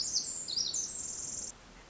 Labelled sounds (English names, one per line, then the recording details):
Pacific Wren
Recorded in Sonoma County, California